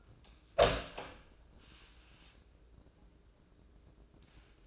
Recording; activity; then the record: daily activity, microphone in the room; open door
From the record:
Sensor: 2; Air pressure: 1012.2 hPa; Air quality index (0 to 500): 156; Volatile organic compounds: 2 ppm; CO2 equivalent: 1146 ppm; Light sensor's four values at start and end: 431/1080/440/464 and 426/1069/435/458